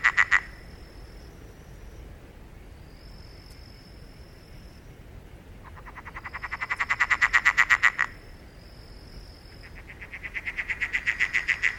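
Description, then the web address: Frog giving pulsed, rattling calls that swell louder over about two seconds, with a short burst at the start and another rising train near the end. "animal-sound frog-sound"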